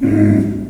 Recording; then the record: squeal of a Yucatan mini pig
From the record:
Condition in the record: after surgery on the right vocal fold (resection and tissue-engineered implant); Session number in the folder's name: 4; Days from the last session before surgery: 26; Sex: female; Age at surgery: 19 weeks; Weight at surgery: 25 kg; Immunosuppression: prednisolone